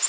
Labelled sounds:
Nashville Warbler flight call

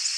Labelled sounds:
Tennessee Warbler flight call

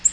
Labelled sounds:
Black-throated Green Warbler flight call

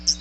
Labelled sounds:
Hooded Warbler flight call

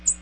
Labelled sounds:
American Redstart flight call

